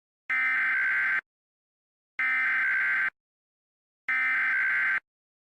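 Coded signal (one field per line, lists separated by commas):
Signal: Emergency Alert System (SAME) tones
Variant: header bursts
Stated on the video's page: Mock (simulated) alert, reuploaded to include the end-of-message burst.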